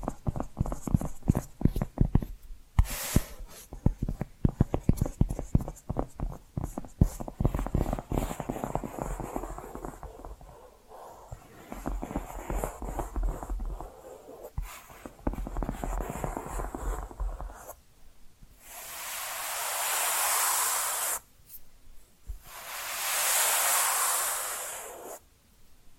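Dense, quick tapping and scratching fills the first eighteen seconds, with sharp irregular clicks over a rough scraping texture. After that come two long, smooth hissing strokes, one around 18–21 seconds and another around 22–25, each swelling and fading.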